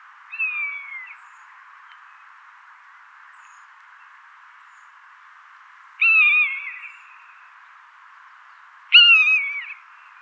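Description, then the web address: Common buzzard, three drawn-out descending mews: one soft at the start, then two louder calls about three seconds apart, with constant hiss behind. "buteo buteo call"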